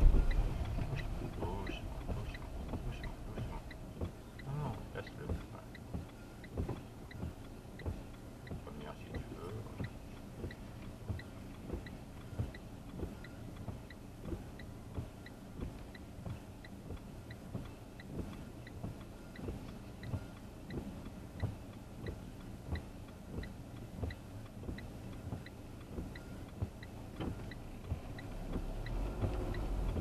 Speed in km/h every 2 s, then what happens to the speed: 9, 2, 0, 0, 1, 0, 0, 0, 0, 1, 0, 1, 0, 2, 12.
0-2 brakes to 2. 2-26 standing. 26-30 pulls away to 12.